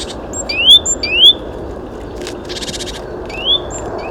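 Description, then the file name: Great tit with slurred upward whistles, two close together then one later, broken by a brief buzzy rattle, over a low steady rumble. "Parus major"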